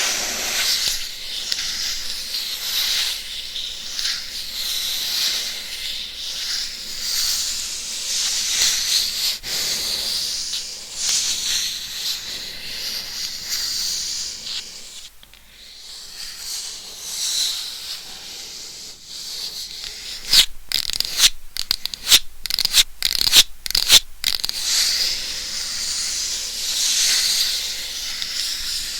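Bright scratching right on the microphone, a dense airy rasp that swells and fades without pause. It thins out around the middle, then a run of sharp, quick scrapes and knocks lands between about 20 and 24 seconds before the steady rubbing resumes.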